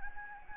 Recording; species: mosquito wingbeat signal from an infrared sensor; Anopheles gambiae